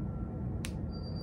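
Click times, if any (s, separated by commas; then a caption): 0.7 s. After the excess gray rubber is trimmed from its plug, a Rode VideoMicro SC7 microphone cable plug is pushed into an iPhone 11 adapter dongle and gives a short, sharp click at 0.7 s over steady low background noise. The trimmed rubber had been covering the gold metal, and the click shows the plug is now securely attached.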